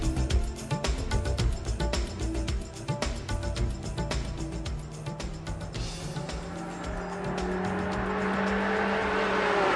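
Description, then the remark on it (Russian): A Ford Thunderbird car engine rumbles steadily as it drives, with crackling tire noise over the road, then a sustained whine and hum as it slows and brakes at the gate of a small villa toward the end. “Трейзиш затормозил у ворот небольшой виллы, обнесенной вместо забора плотной изгородью из ровно подстриженных колючих кустов.”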